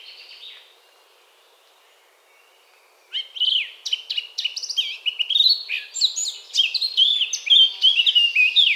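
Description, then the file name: Eurasian blackcap song, a few quiet seconds, then a rich rapid warble of varied chirps and slurred notes that keeps going. "Sylvia atricapilla"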